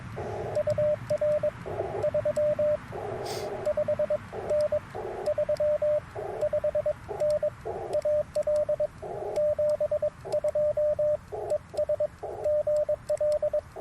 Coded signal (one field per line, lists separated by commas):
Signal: Morse code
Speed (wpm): 20 wpm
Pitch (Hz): 590 Hz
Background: radio noise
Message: UR 35N 35N AL 72 ES GL